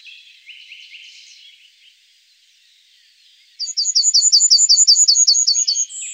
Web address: Ptaki Glosy Trznadel